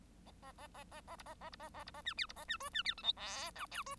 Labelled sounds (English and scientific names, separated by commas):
Bengalese Finch (Lonchura striata domestica) song